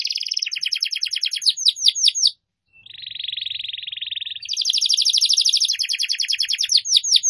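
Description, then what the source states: Atlantic canary song: rapid pulsed trills ending in falling sweeps, a brief silence, a smooth steady roll, then another long, fast, high trill. Canary (kenari) song used to lure birds (pikat burung).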